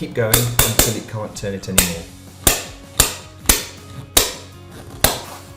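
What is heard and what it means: Someone talks as a screw-on locking lid is pushed and turned onto a plastic urine sample bottle. Sharp ratchet clicks sound at 2.5, 3.0, 3.5, 4.2 and 5.0 seconds as the lid is turned further. The lid stops turning and locks, sealing the bottle.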